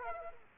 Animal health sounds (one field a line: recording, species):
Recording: mosquito wingbeat signal from an infrared sensor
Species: Aedes aegypti